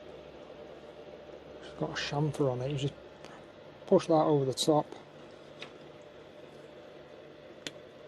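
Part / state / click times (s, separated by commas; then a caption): plastic cap onto model wagon mounting / seated / 7.7 s. A chamfered plastic cap on a Kibri 16150 model railway ballast wagon kit is pushed over the top of its mount while someone talks. A sharp click at 7.7 seconds marks the cap seating into place.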